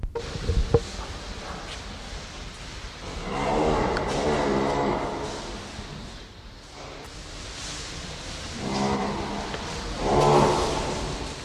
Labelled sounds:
Nile Lechwe call
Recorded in captivity
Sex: male
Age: juvenile
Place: Zoo Berlin, Berlin, DE
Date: 1988-10-07 11:43
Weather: overcast, 12°C, wind
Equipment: Sony WM-D6C, Kopie Uher
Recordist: Tembrock, Günter
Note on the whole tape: Gray-Wasserbock. Jungbulle: Langlaute

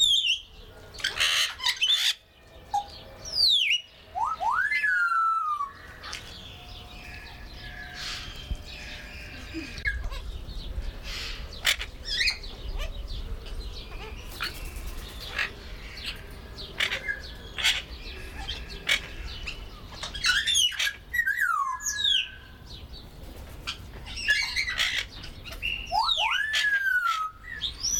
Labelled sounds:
Grey Parrot
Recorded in captivity
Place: Zoo Berlin, Berlin, DE
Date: 1996-04-20 18:29
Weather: sonnig, 24°C
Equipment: Sony MD-WM MZ-R3, Sennheiser MKH 416 T, Kopie Uher 4000 Report Monitor
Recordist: Tembrock, Günter

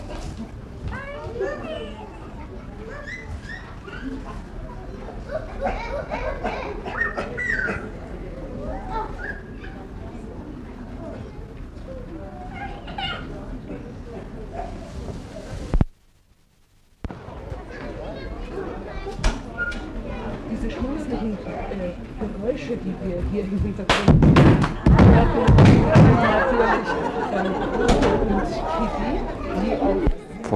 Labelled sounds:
Chimpanzee
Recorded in captivity
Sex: diverse
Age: juvenile
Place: Tierpark Berlin, Berlin, DE
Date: 1960-09-14 11:30
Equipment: Reporter (Vollspur), Abstand ca. 10 m
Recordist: Tembrock, Günter
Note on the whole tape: Halbwüchsige (Toto und Kata) wurden aus Schloß allein in Käfig gebracht, Susi (Altweibchen) zurückgelassen. Toto fing an zu rufen, kurz (dunkler) auch Weibchen. Bei Rufreihen Begattungsverhalten, dann Susi dazu

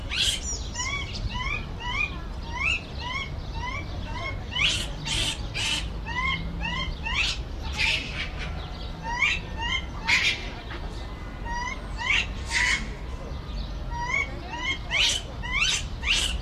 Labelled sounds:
Japanese Macaque
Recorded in captivity
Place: Zoo Berlin, Berlin, DE
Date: 1994-05-07
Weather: heiter, 12-18°C
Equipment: Marantz CP 430, Sennheiser ME 80, Kopie Uher Variocord 263
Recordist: Tembrock, Günter

